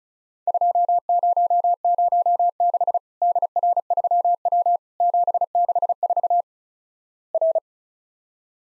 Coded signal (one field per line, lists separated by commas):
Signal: Morse code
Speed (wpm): 36 wpm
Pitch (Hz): 700 Hz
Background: none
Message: 2006 DR3W 764 R